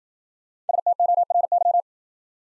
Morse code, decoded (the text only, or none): STORY